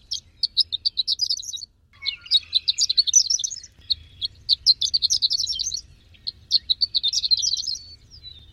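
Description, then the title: Greater green leafbird song, rapid bursts of high chattering, twittering notes in four phrases, each lasting about one to two seconds with short pauses between. "Kicau Cucak Ijo"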